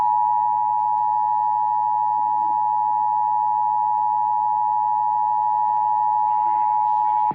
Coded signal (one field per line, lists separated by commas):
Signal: Emergency Alert System (SAME) tones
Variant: 853 and 960 Hz attention tone